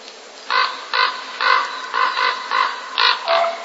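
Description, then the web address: Common raven giving harsh croaking calls, a series of several rough harmonic caws over a hissy background. Raven calls during courtship in the breeding season. "wroblowe ptaki krucze gody. wroblowe ptaki kruk"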